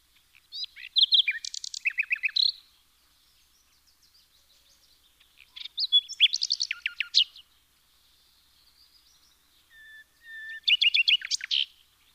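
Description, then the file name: Common nightingale singing three varied phrases of rapid trills, chattering notes and whistles, each burst lasting about two seconds with quiet gaps between. "Luscinia megarhynchos"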